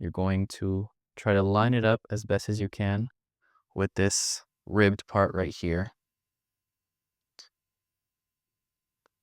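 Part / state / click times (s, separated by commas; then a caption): handguard part going onto a drill rifle / seated / 7.4 s. Someone talks while lining up a handguard part with the ribbed section of a DrillAmerica DA1903 drill rifle from Glendale Parade Store, then pushes it in during a rebuild. After the talking stops, a single sharp click at 7.4 s marks the part seating into place, followed by a faint tick near the end.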